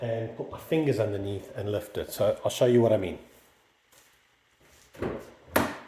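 Someone talks, then after a pause the interior release is pulled on an Alfa Romeo's car hood, and the metal hood latch lets go with a sharp click at 5.6 s. The latch releases, but the hood stays down and does not pop up, so it has to be lifted by hand.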